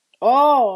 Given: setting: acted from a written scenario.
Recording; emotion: vocal sound without words; guilt